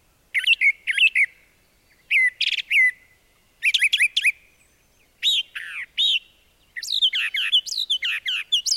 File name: Brown Thasher